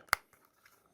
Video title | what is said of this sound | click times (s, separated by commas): Technical Difficulties! - New Knives November 13, 2025 at KnifeCenter | So it snaps into place. | 0.1 s